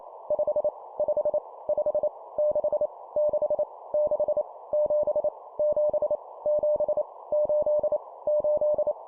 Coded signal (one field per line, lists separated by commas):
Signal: Morse code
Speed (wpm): 28 wpm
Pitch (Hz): 600 Hz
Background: none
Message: 5 5 5 6 6 6 7 7 7 8 8